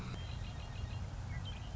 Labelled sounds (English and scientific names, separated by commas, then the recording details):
Red-winged Blackbird (Agelaius phoeniceus)
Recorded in Sonoma County, California